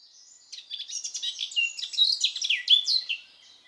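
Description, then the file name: Eurasian blackcap song: a short burst of rich warbling that rises in volume and finishes with a few clear, downslurred whistles. "Sylvia atricapilla"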